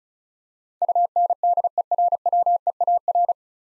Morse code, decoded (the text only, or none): UNDERWEAR